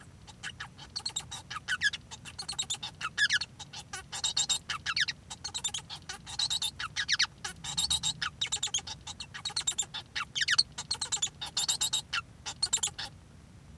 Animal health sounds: song of a male Bengalese finch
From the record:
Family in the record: son of father 1

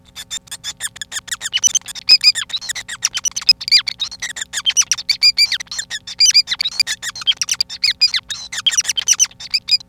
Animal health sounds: song of a male Bengalese finch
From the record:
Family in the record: son of father 5

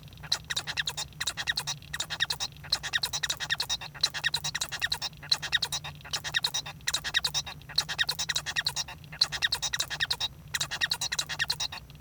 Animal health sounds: song of a male Bengalese finch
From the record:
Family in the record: son of father 1

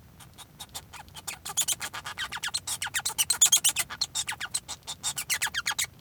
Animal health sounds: song of a male Bengalese finch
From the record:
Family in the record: son of father 1

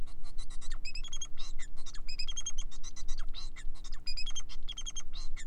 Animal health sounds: song of a male Bengalese finch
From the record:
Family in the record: son of father 4

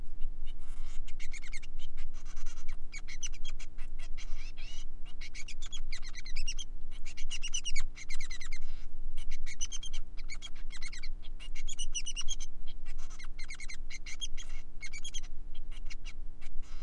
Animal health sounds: song of a male Bengalese finch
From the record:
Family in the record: son of father 3

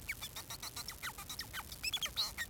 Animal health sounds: song of a male Bengalese finch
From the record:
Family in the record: son of father 4

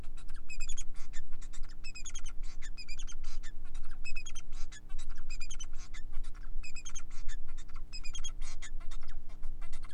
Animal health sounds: song of a male Bengalese finch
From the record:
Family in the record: son of father 4

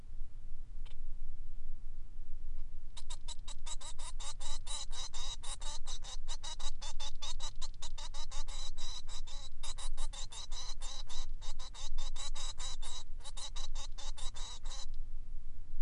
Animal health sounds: song of a male Bengalese finch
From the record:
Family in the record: son of father 3

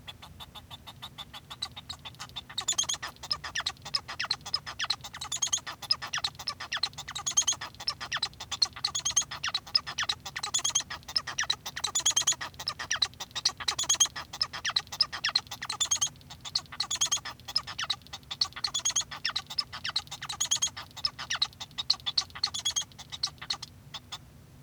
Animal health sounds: song of a male Bengalese finch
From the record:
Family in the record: son of father 1

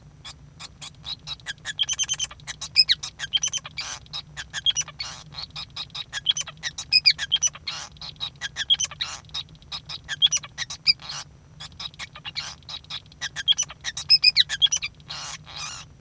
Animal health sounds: song of a male Bengalese finch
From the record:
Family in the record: son of father 5

